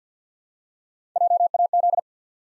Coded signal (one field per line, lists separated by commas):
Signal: Morse code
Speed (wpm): 50 wpm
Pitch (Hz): 700 Hz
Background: none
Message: JAZ